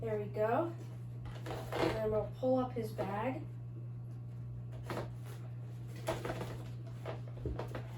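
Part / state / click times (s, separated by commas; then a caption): plastic prop piece into mounting hole on skeleton prop / partly seated / 4.9 s. While someone talks, a plastic piece is pushed into its mounting hole on a Spirit Halloween Bag-o-Bones skeleton prop, giving a sharp click at 4.9 s, followed by a few more short knocks near the end over a steady low hum. The piece does not click in all the way, possibly because it is a bit broken.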